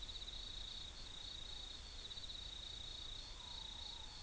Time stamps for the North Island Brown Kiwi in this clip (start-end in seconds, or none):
none